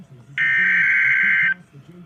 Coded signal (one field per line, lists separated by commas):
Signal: Emergency Alert System (SAME) tones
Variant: header bursts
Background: speech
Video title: Memory Lane Monday; EAS Severe T’storm Warning 5/21/22 (Credit Goes To @SouthernPennsylvaniaWX)